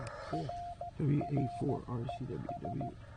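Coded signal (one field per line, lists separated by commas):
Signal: Morse code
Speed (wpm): 16 wpm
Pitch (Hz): 690 Hz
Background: speech, radio noise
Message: RRES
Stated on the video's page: CW Parks on the Air activation, transmitted on a Penntek TR45L radio powered by a 12 V battery.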